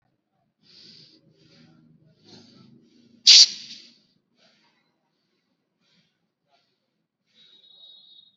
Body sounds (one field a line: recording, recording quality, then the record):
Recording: deep breathing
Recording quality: poor, much background noise or distortion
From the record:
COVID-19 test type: RT-PCR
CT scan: not taken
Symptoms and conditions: none ticked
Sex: male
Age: 19 years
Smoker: no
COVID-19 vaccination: both doses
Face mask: worn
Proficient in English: yes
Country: India